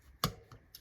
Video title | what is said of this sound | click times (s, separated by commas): Build The Ferrari F1 - 2000 Michael Shumacher Issue 1 | if it you feel it raised up a bit, just give it another click. | 0.2 s